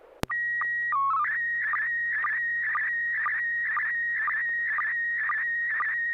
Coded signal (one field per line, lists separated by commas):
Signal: SSTV (slow-scan television)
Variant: PD 120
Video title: N6NA SSTV Net - 11/15/2023